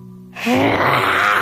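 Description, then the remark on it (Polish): A person imitates a lion's roar with a loud, rough, drawn-out growling cry that bursts in after a short quiet stretch with a low steady hum, then holds strongly to the end. “A jak brzmi ryk lwa?”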